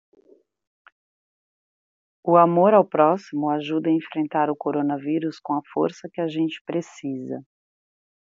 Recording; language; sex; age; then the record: spoken sentence; Brazilian Portuguese; female; 30 to 39 years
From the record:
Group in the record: control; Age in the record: 38 years